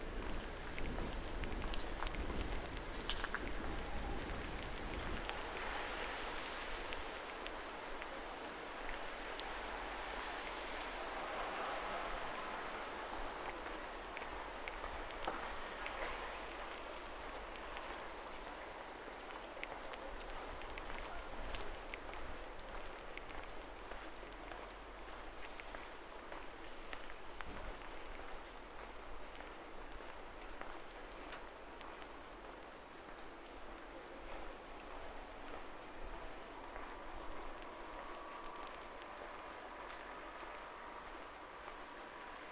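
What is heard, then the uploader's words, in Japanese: Footsteps walking through rain, a steady dense hiss of falling drops with a low rumble fading after five seconds, continuing evenly throughout. 雨の中を歩く音（Binaural）- Rain and walk。バイノーラルで撮った雨音です。車の音や足音が入っています。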